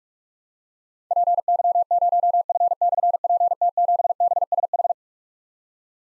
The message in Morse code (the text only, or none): PY0F/PT7BSH